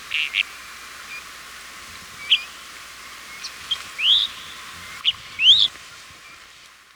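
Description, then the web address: Red-rumped Bush-Tyrant calls, thin high notes and short rising whistled slurs given irregularly over seven seconds. Recorded in Ecuador. "Birds of Ecuador 3. Red-Rumped Bush-Tyrant"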